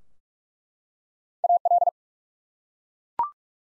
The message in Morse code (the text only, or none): AL